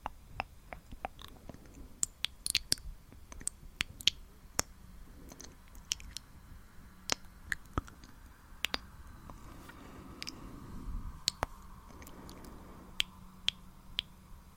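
Mouth sounds made for ASMR: sharp wet clicks and pops land irregularly across the whole stretch, sometimes in quick clusters. Soft breathy passages rise in between, strongest around ten to eleven seconds, over a faint low steady hum.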